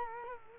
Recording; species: mosquito wingbeat signal from an infrared sensor; Culex quinquefasciatus